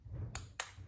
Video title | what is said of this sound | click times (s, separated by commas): Audi RS5 winter tire change | and it just kind of slides in you hear it click | 0.4 s, 0.6 s